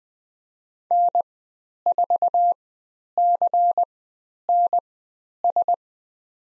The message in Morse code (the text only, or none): N4CNS